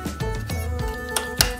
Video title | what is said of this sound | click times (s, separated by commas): MONTEZ LA SUPERBE BUGATTI VEYRON 16.4 SUPER SPORT @SpotTVAltaya N°84/89 | se clipse ici, ça se clipse là. | 1.2 s, 1.4 s